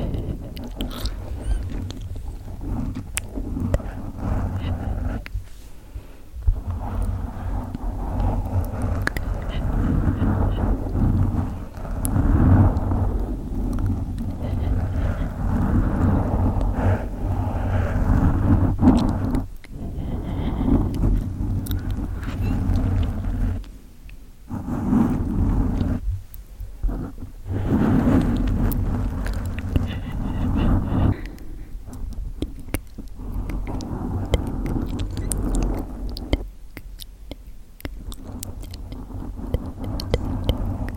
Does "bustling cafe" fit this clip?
no